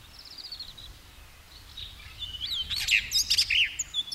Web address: Sounds bluerockthrush